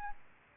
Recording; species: mosquito wingbeat signal from an infrared sensor; Aedes albopictus